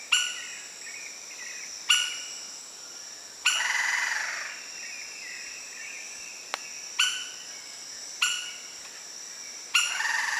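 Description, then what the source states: Lineated woodpecker giving several loud, abrupt harsh calls at uneven intervals, some followed by a brief rattling trail, with a constant high-pitched insect drone behind. Recorded 8 September 2010.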